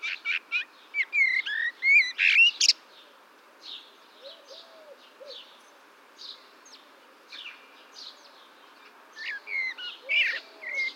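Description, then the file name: Common blackbird singing a burst of fluty warbled notes ending in high squeaky twitters, quieter phrases in the middle, then another loud phrase near the end. "Turdus merula"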